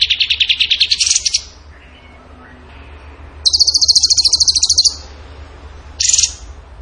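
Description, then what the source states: Bird singing fast pulsed trills, the first rising at its end, a higher even trill after a pause, then a brief final burst. Bird song in the gacor tembakan style, for masteran (training).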